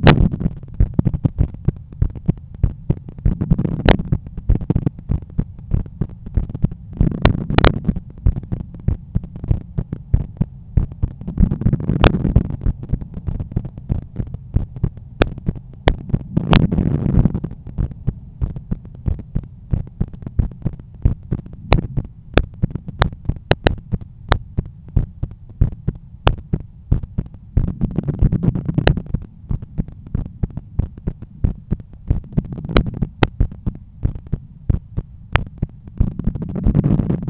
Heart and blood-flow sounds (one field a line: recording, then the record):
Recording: heart sounds by stethoscope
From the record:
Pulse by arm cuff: 92 bpm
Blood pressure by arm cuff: 120/77 mmHg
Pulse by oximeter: 94 bpm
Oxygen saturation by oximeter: 96%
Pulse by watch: 101 bpm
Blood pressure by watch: 124/80 mmHg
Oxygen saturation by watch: 97%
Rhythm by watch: sinus rhythm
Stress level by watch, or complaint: medium stress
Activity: after 5 min smoking and 1 beer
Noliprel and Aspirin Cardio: after pills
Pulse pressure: 43 mmHg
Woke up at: 7:50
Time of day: 17:19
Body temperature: 36.3 C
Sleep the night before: 7 h 52 min, score 75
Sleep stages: REM 24%, light 55%, deep 12%, awake 9%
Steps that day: 9500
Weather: sunny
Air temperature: 23.1 C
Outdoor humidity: 52%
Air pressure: 1013 hPa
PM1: 5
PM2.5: 8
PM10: 10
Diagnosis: hypertension, treated with Noliprel and Aspirin Cardio 100 mg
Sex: male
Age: 53 years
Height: 174 cm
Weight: 81 kg